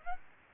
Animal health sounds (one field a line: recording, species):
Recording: mosquito wingbeat signal from an infrared sensor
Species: Aedes aegypti